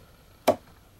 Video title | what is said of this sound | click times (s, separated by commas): SHOGUN WARRIORS JET SCRANDER MAZINGA | pops into place | 0.5 s